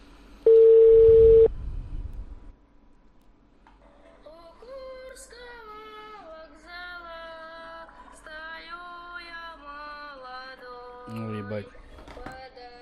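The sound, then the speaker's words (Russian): A loud, steady electronic phone tone signals an incoming forwarded call once for about a second, followed by a low thump, then a voice talks over a faint background hum. “Это у меня по переадресации кто-то звонит, ребят.”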